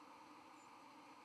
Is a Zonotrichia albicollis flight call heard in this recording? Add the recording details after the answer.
no. Another species' flight call is heard. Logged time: 07:30 on 31 October 2014